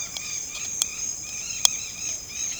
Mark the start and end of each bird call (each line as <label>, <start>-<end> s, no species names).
bird call, 0.00-2.60 s